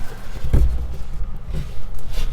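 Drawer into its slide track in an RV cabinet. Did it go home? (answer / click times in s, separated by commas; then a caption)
no / none. The left side of a drawer is lined up with its slide track in a cabinet of a 2021 Wildwood 42FLDL RV. Low rumbling handling noise is broken by a dull thump at about 0.5 s and a softer one near 2.0 s. The drawer has not clicked into place yet.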